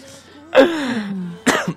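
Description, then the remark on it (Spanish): Two harsh, loud coughing bursts about a second apart, joined by a strained, wheezy voiced gasp, the sound of someone choking and sputtering after a fit of laughter. “Hasta se atoró tanto reír.”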